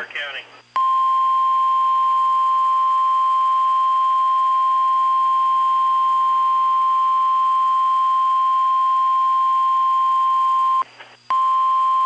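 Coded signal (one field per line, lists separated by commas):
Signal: Emergency Alert System (SAME) tones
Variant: 1050 Hz attention tone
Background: speech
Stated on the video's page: Tornado Warning from National Weather Service Nashville, with live voice.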